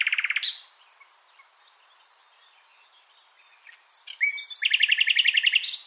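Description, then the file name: Common nightingale song: a rapid buzzy trill, a pause with faint soft notes, then a loud fast series of repeated chirping notes. "Luscinia megarhynchos"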